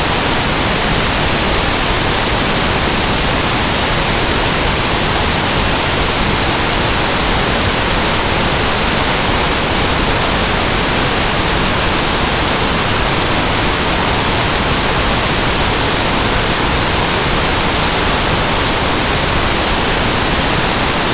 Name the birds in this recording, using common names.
none